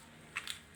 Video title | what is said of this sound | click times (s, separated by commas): കമ്പിക്കൂര് വച്ചുള്ള തെറ്റാലി (cross bow speargun) ph. 8547172692 | lock ആയി ഞാൻ നേരത്തെ വീഡിയോ എന്ന് പറഞ്ഞാൽ ഈ same system under water sphere ഗണ്ണിന് ഉപയോഗിക്കാം കേട്ടോ | 0.4 s, 0.5 s